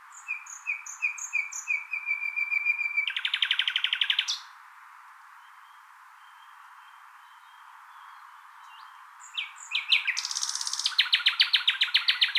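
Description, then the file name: Common nightingale song with repeated piping notes building into a dense buzzy trill, a few seconds of quiet, then chirps and another fast, loud rattling phrase. "Luscinia megarhynchos"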